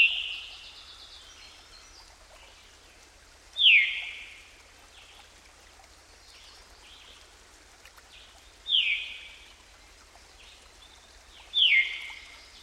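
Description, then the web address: Veery calling with single, clear, downward-slurred notes repeated at irregular intervals of three to five seconds, over a low, even background hiss. "Dan Gibson Songbirds By The Stream. Veery"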